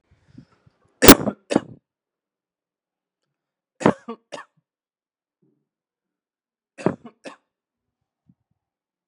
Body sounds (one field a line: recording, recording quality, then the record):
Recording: heavy voluntary cough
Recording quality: moderate, slight background noise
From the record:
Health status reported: exposed to COVID-19, no respiratory illness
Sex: male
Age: 25 years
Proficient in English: yes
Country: India